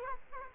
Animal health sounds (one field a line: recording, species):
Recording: mosquito wingbeat signal from an infrared sensor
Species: Culex quinquefasciatus